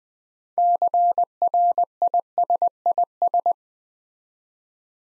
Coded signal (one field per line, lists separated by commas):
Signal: Morse code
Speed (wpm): 20 wpm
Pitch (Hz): 700 Hz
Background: none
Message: CRISIS